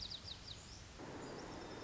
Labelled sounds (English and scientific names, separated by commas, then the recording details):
White-crowned Sparrow (Zonotrichia leucophrys)
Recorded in Sonoma County, California